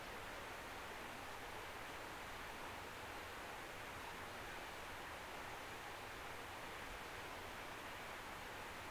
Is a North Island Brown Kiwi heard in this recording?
no